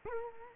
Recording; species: mosquito wingbeat signal from an infrared sensor; Culex quinquefasciatus